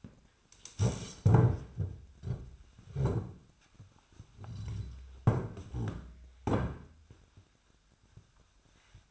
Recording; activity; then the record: daily activity, microphone in the room; stand up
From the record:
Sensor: 2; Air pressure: 1007.6 hPa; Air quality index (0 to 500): 180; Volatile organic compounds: 10 ppm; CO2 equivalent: 2217 ppm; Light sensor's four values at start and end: 9/23/9/10 and 9/20/8/9